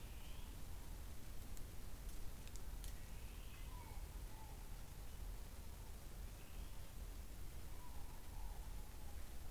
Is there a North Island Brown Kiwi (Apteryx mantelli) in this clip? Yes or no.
no